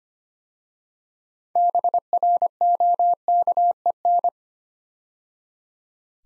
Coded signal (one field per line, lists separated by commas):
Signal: Morse code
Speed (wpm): 25 wpm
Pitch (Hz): 700 Hz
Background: none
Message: BROKEN